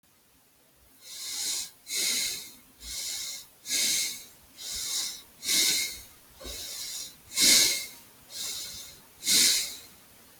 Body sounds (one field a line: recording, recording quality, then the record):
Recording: shallow breathing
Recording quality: excellent, no background noise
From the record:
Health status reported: healthy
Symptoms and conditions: none ticked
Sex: male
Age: 22 years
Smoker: not ticked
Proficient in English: yes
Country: India